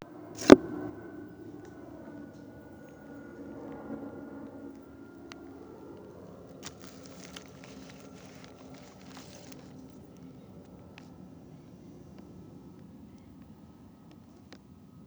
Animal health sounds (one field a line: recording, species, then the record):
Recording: mosquito flight sound by mobile phone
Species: Aedes sierrensis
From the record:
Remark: in a plastic bag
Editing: field recording with all noises